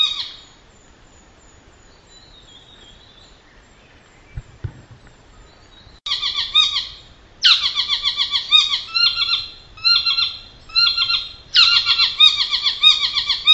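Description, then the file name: Saddleback territorial calls: a quiet stretch with a faint call at the start and a soft thump, then loud, harsh, rapid chattering bursts repeated in quick succession. Two pairs giving territorial calls; recorded 20 December 2007. "Saddleback two pairs territorial calls 20071220"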